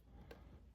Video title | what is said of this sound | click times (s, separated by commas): 2023 Toyota Highlander - front brake pads and rotors | quick clip here. Just kind of snaps in place like this. | 0.3 s